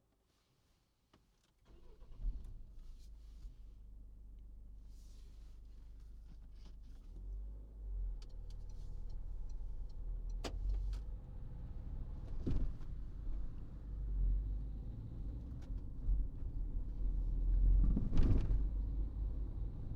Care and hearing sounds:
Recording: everyday scene through a hearing-aid microphone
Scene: in a vehicle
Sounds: engine starting, driving off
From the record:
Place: Berlingo II, diesel engine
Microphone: in the ear canal, right

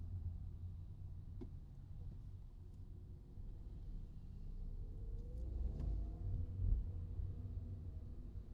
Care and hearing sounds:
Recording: everyday scene through a hearing-aid microphone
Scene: in a vehicle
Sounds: engine, traffic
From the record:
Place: Skoda Fabia, gasoline engine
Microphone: in the ear canal, right

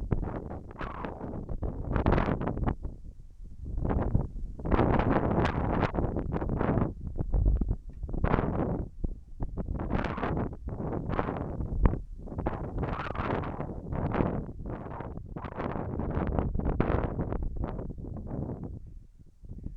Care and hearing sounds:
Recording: everyday scene through a hearing-aid microphone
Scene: wind on the microphone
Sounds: wind, whistling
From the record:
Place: in front of a rural house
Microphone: behind the ear, left, rear

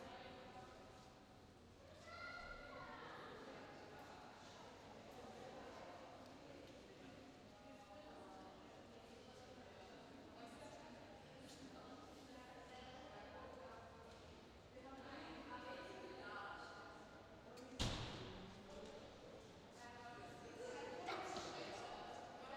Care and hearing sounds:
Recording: everyday scene through a hearing-aid microphone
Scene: reverberant space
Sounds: background noise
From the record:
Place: railway station hall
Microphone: in the ear canal, left

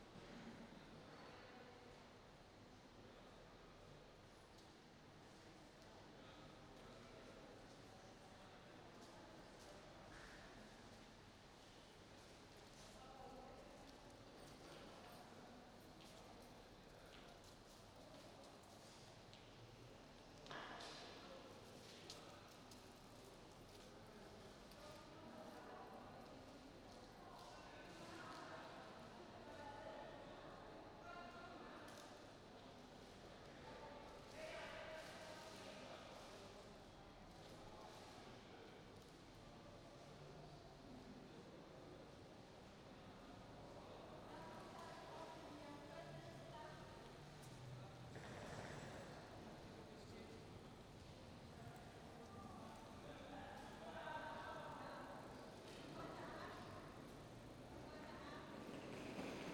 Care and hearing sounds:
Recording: everyday scene through a hearing-aid microphone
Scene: reverberant space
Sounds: background noise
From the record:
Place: railway station hall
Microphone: in the ear canal, right

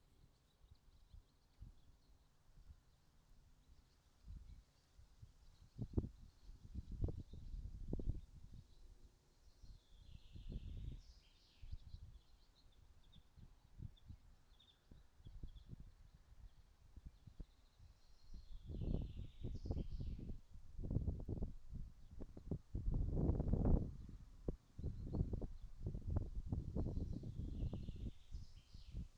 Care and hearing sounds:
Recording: everyday scene through a hearing-aid microphone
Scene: wind on the microphone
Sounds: gentle breeze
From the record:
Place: in front of a rural house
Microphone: in the ear canal, right

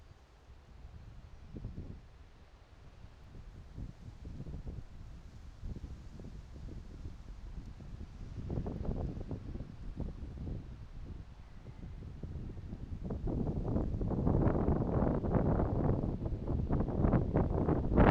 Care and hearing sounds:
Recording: everyday scene through a hearing-aid microphone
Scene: wind on the microphone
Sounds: squally wind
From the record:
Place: parking lot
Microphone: in the ear canal, right

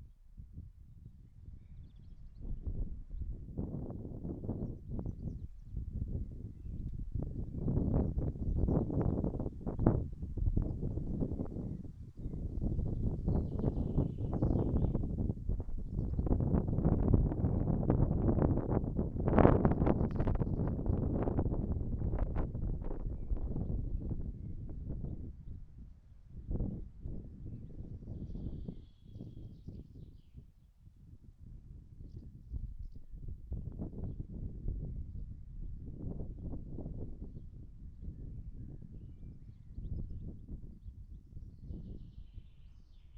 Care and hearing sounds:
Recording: everyday scene through a hearing-aid microphone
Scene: wind on the microphone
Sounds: wind, birds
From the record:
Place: in front of a rural house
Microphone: behind the ear, right, front

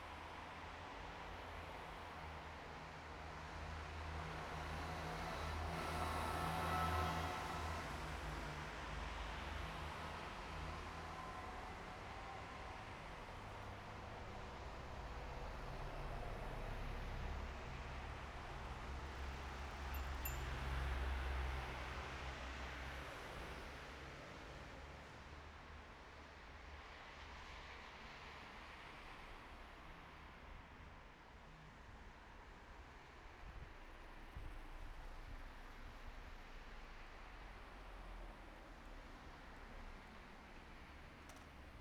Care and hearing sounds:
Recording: everyday scene through a hearing-aid microphone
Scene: in traffic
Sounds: traffic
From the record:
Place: bus stop on a city main road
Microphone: behind the ear, right, front

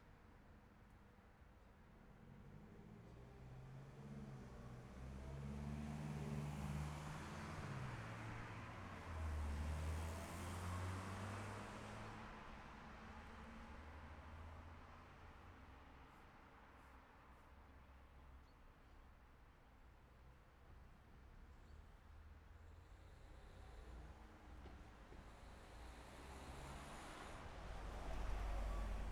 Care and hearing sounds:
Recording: everyday scene through a hearing-aid microphone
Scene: in traffic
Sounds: traffic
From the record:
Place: city secondary road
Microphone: behind the ear, left, front

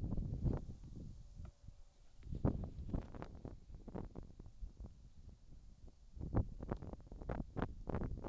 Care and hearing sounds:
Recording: everyday scene through a hearing-aid microphone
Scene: wind on the microphone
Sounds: wind, whistling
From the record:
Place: in front of a rural house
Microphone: in the ear canal, left

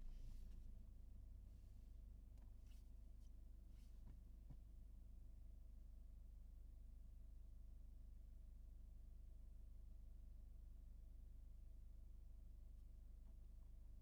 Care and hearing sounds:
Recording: everyday scene through a hearing-aid microphone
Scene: in a vehicle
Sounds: engine idling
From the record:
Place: Berlingo II, diesel engine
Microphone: behind the ear, right, front

